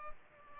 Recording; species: mosquito wingbeat signal from an infrared sensor; Culex pipiens